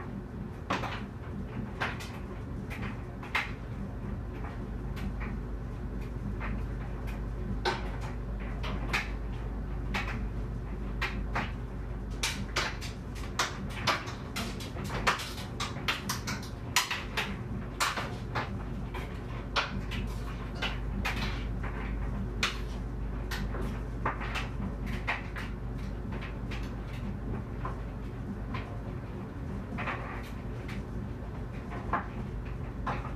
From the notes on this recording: It's laundry day and the dryer tumbles